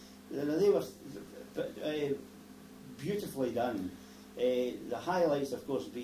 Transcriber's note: none